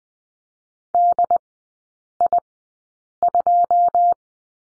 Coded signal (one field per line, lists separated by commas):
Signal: Morse code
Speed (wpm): 20 wpm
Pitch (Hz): 700 Hz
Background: none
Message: DI2